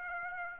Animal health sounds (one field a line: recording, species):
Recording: mosquito wingbeat signal from an infrared sensor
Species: Aedes aegypti